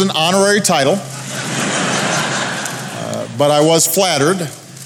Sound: laughter